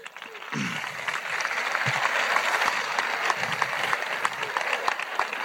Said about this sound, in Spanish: Y enhorabuena y un aplauso fuerte porque os lo habéis merecido.